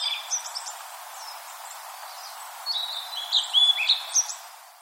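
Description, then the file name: Blue-and-white flycatcher song: soft high notes, then a louder phrase of sustained whistles ending in quick sliding and twittering notes, against constant background hiss. "oruri"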